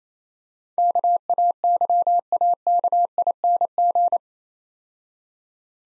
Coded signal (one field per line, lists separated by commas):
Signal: Morse code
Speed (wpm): 31 wpm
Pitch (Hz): 700 Hz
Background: none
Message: KAYAKING